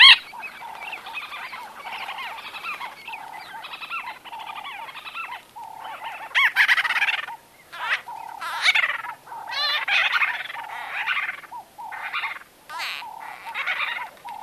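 White-fronted bee-eater calls: bursts of harsh, nasal, harmonic notes, some in quick chattering runs, over a steady series of short, low, tonal pips repeating in the background.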